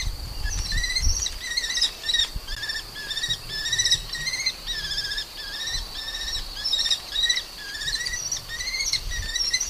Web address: agykontroll Madardalok Cd 2. Vörös vércse